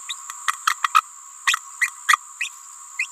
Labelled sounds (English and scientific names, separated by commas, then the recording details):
Green-rumped Parrotlet (Forpus passerinus) babbling
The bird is a female
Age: 28 days
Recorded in a nest box in Venezuela
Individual 17B31A3